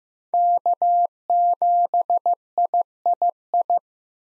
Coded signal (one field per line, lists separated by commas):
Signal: Morse code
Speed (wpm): 15 wpm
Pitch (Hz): 700 Hz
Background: none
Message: K7III